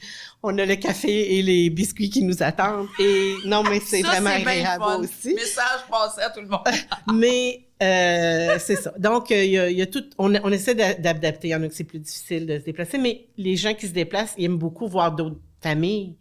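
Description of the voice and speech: Fluent, relaxed French speech from an adult woman, with a brief chuckle; ordinary voice and articulation.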